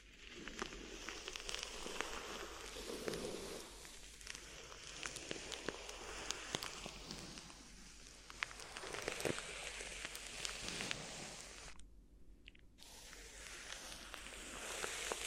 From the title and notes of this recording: ASMR Addictive Crinkly Ear Massage (No Talking).